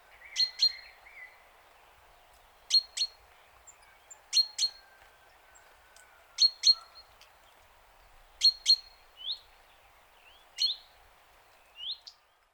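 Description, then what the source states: Sooty-headed bulbul giving crisp, high paired chip notes roughly every two seconds, with a few softer upslurred notes between them against quiet background hiss. Female.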